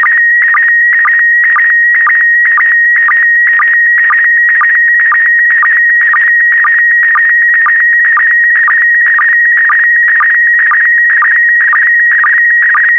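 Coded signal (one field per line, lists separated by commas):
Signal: SSTV (slow-scan television)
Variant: PD120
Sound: steady warbling whistle near 2 kHz with short low blips every half second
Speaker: get ready starting transmission in 5 4 3 2 1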